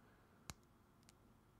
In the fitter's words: do you hear that little click, right?